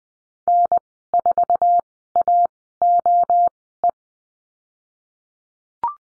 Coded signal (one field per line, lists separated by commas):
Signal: Morse code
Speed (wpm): 20 wpm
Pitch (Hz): 700 Hz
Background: none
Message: N4AOE